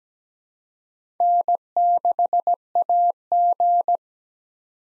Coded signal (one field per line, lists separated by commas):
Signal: Morse code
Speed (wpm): 17 wpm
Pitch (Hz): 700 Hz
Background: none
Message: N6AG